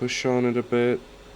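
Someone talks while the two plastic halves of a Polo 9N's heated rear window switch housing, just fitted with an LED, are lined up and pressed together by hand. Nothing has snapped or seated yet.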